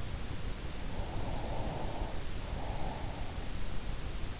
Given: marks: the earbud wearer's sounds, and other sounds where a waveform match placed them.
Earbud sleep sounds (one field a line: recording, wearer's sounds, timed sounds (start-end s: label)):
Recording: sounds in sleep by an in-ear microphone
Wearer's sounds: breath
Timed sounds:
0.86-3.47 s: breath